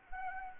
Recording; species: mosquito wingbeat signal from an infrared sensor; Anopheles arabiensis